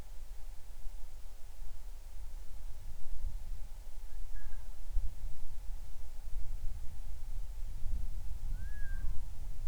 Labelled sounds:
bird
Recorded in the Arctic National Wildlife Refuge, Alaska, on 20 July 2019 at 02:59
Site 38

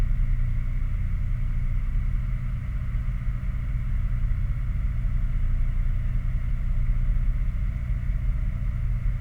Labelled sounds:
machinery, flare stack
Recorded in the Prudhoe Bay oil fields, Alaska, on 11 August 2019 at 22:11
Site 29

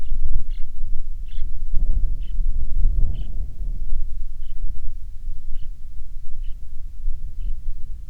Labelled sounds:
songbird, wind
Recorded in the Prudhoe Bay oil fields, Alaska, on 6 August 2019 at 04:54
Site 22

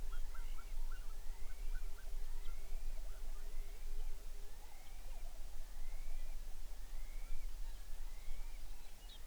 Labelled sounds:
songbird, waterfowl, grouse or ptarmigan, shorebird
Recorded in the Arctic National Wildlife Refuge, Alaska, on 23 May 2019 at 05:59
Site 49

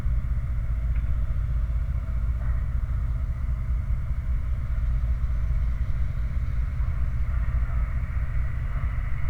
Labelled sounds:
machinery, flare stack
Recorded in the Prudhoe Bay oil fields, Alaska, on 29 July 2019 at 05:44
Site 29

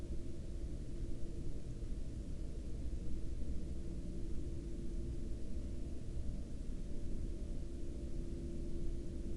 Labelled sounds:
machinery, flare stack
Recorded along the Dalton Highway, Alaska, on 3 April 2019 at 18:49
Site 07

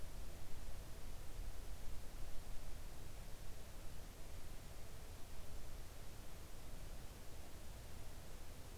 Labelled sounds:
near silence
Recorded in the Arctic National Wildlife Refuge, Alaska, on 3 August 2019 at 05:41
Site 41

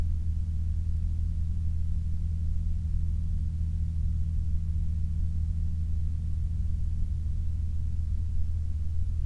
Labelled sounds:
aircraft
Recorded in the Prudhoe Bay oil fields, Alaska, on 8 July 2019 at 10:59
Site 30

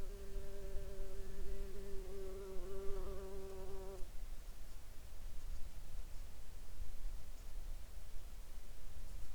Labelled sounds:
insects
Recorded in the Arctic National Wildlife Refuge, Alaska, on 16 July 2021 at 08:28
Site 41

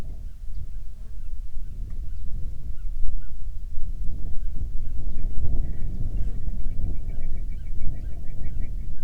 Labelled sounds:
songbird, grouse or ptarmigan, wind, insects
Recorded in the Prudhoe Bay oil fields, Alaska, on 7 July 2019 at 00:02
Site 16

